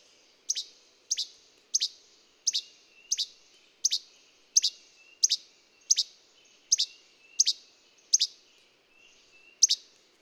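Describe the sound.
Bird song of thin, high chirps, each a quick downslurred double note, repeated steadily, thirteen in all, with a pause near the end.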